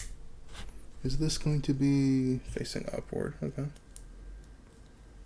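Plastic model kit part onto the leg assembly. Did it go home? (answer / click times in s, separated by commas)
yes / 4.0 s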